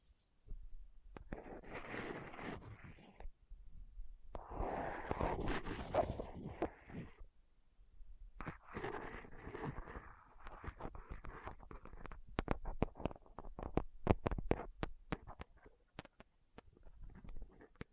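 Scratching and picking at a rough microphone surface with a dental pick, tweezers and a cotton swab. Dense, grainy scraping comes in bursts separated by silent gaps near 4 and 8 seconds. From about 12 seconds it turns into sharp, irregular clicks and taps.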